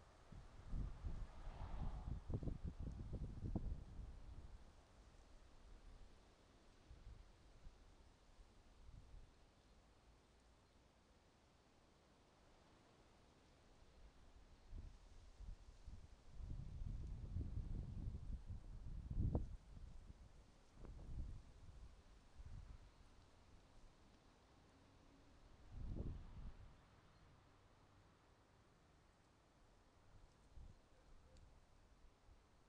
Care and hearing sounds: everyday scene through a hearing-aid microphone; wind on the microphone; wind, traffic, birds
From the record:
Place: suburban garden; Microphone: in the ear canal, right

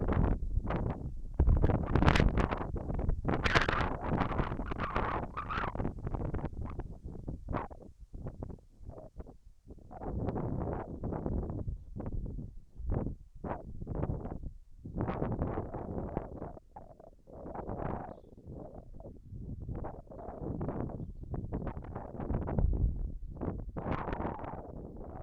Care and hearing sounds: everyday scene through a hearing-aid microphone; wind on the microphone; wind, whistling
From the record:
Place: in front of a rural house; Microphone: behind the ear, left, rear

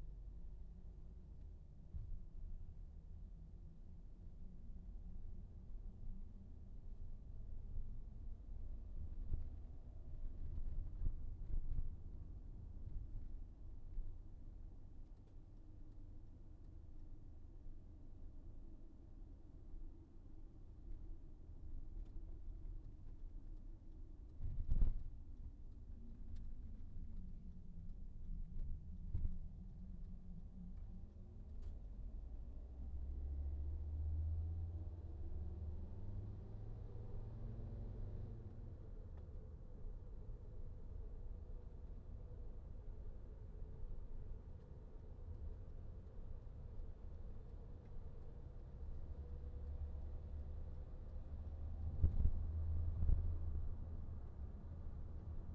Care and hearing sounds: everyday scene through a hearing-aid microphone; in a vehicle; engine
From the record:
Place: VW T5 Caravelle, diesel engine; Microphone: behind the ear, right, rear

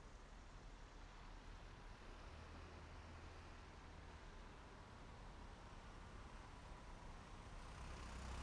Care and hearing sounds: everyday scene through a hearing-aid microphone; in traffic; traffic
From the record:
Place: main road on the outskirts, rush hour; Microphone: behind the ear, right, front

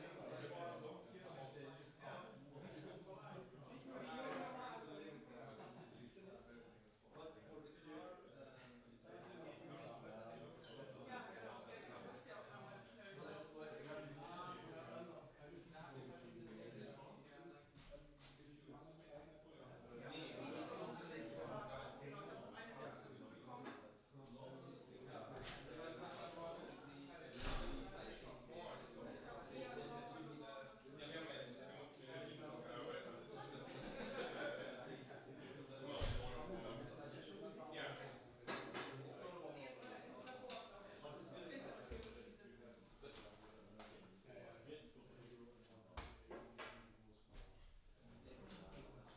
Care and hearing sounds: everyday scene through a hearing-aid microphone; many people talking; many voices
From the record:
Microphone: in the ear canal, left

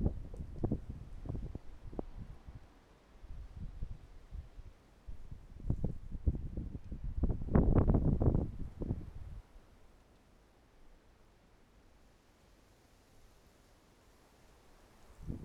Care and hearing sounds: everyday scene through a hearing-aid microphone; wind on the microphone; wind, traffic, birds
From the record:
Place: suburban garden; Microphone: behind the ear, right, front

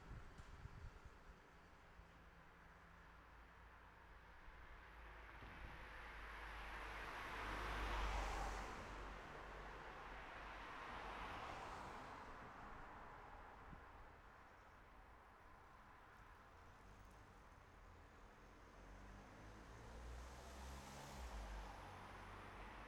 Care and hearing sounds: everyday scene through a hearing-aid microphone; in traffic; traffic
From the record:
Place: city secondary road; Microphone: behind the ear, right, front

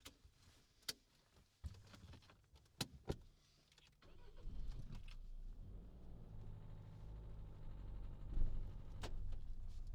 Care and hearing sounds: everyday scene through a hearing-aid microphone; in a vehicle; other noises, engine starting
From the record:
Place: Berlingo II, diesel engine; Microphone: in the ear canal, left

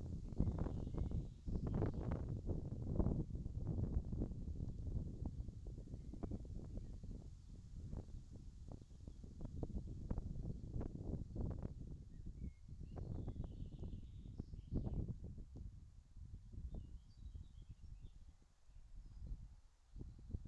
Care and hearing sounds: everyday scene through a hearing-aid microphone; wind on the microphone; wind, traffic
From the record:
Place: in front of a rural house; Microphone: in the ear canal, left

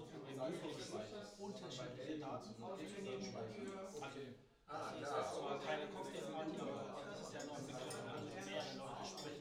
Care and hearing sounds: everyday scene through a hearing-aid microphone; many people talking; many voices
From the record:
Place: bistro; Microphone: in the ear canal, right

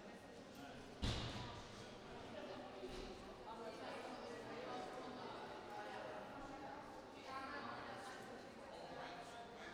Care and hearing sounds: everyday scene through a hearing-aid microphone; reverberant space; background noise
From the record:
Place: railway station hall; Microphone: in the ear canal, right

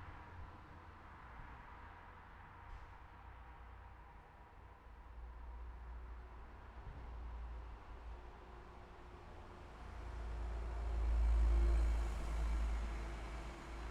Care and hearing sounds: everyday scene through a hearing-aid microphone; in traffic; traffic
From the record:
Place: city secondary road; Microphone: behind the ear, left, rear

